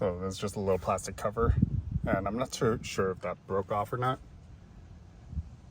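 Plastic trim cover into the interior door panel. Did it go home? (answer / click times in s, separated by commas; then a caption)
no / none. A small plastic trim cover on the interior driver door panel of a 2001-2006 Acura MDX, feared to have broken off, is handled while someone talks for about four seconds, followed by quiet handling noise. Nothing has seated or clicked yet; the clip ends before the cover goes home.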